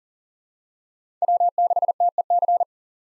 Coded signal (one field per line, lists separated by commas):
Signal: Morse code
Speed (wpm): 40 wpm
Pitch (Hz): 700 Hz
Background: none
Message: W6TEC